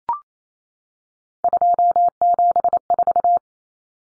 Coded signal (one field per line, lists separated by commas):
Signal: Morse code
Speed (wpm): 28 wpm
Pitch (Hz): 700 Hz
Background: none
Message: 274